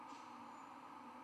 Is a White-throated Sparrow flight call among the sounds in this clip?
no